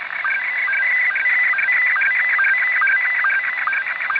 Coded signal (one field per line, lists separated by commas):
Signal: SSTV (slow-scan television)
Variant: Scottie 1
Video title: Wolverine radio. Pirate radio. With sstv sound.